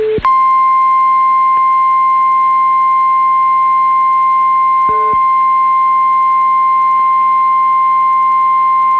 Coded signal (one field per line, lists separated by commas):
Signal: Emergency Alert System (SAME) tones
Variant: 1050 Hz attention tone